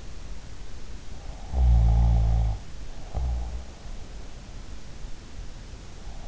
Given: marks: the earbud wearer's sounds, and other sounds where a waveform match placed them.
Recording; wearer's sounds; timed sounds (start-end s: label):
sounds in sleep by an in-ear microphone; snoring breath
1.42-3.68 s: snoring breath